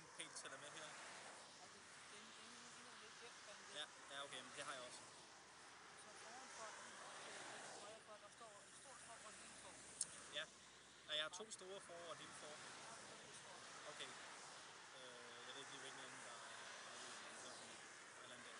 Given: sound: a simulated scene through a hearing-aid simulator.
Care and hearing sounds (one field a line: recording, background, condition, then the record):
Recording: conversation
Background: traffic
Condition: -4 dB SNR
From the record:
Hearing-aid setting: standard clinical setting (NAL)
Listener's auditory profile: A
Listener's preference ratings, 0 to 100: 35, 30, 11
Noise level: 75 dB SPL